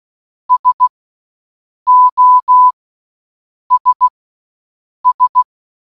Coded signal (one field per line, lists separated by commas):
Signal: Morse code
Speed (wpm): 16 wpm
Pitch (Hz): 1000 Hz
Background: none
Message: SOS S